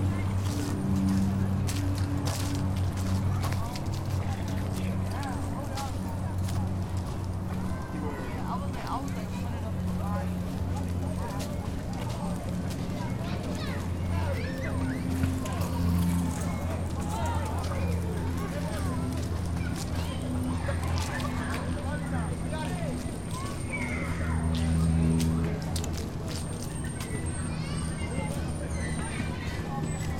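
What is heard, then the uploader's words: A walk through McCarren Park in Greenpoint, with voices talking throughout over a steady low hum of traffic. Occasional clatters and sharp knocks come and go, and a thin high tone appears faintly near the middle and again after about 26 seconds. The only recording not made from a stationary position - this track is essentially a walking tour of Greenpoint's McCarren Park. Children of all ages play in every corner of the park, most notably teenagers playing basketball in the courts nearby.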